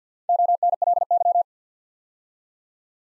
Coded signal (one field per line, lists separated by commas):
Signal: Morse code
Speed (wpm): 50 wpm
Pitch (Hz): 700 Hz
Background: none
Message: ONLY